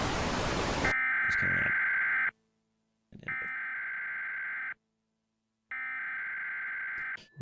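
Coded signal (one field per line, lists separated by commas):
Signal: Emergency Alert System (SAME) tones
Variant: header bursts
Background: speech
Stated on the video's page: EAS tones from a fictional analog horror production.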